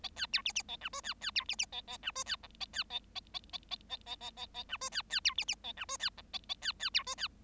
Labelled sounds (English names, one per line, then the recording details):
Bengalese Finch song
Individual Bird7